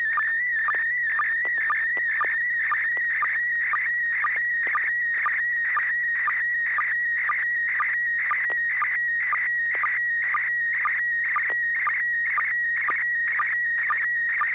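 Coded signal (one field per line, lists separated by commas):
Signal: SSTV (slow-scan television)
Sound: warbling high tone with steady rhythmic ticks about twice a second, over a low hum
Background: low steady hum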